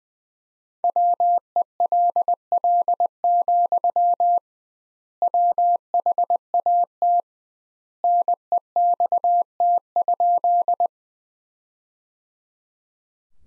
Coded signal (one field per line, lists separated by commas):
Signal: Morse code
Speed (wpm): 20 wpm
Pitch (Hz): 700 Hz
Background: none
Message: WELL, WHAT NEXT?